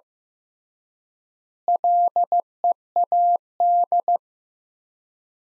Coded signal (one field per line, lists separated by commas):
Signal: Morse code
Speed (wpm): 16 wpm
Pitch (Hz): 700 Hz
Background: none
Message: LEAD